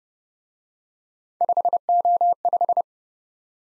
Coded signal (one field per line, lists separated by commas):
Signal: Morse code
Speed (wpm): 28 wpm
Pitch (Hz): 700 Hz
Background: none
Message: 5O5